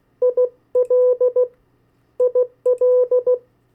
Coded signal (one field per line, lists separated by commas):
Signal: Morse code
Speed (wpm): 16 wpm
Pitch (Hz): 500 Hz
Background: none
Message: IL IL